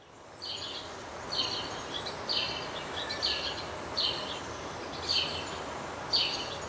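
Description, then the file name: House sparrow with a series of chirps roughly every second. "Passer domesticus"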